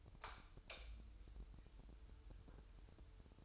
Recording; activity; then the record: daily activity, microphone in the room; light on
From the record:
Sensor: 2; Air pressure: 988.3 hPa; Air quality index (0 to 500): 190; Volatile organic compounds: 178 ppm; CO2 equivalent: 4135 ppm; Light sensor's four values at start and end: 7/16/6/7 and 11/34/13/14